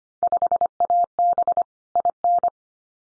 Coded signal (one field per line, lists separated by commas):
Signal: Morse code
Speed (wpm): 25 wpm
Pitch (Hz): 700 Hz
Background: none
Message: 5AB IN